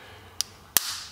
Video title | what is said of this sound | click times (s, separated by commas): Magicycle Ocelot Pro Sensor Pt2 | and now it's snapped back into place and | 0.4 s, 0.8 s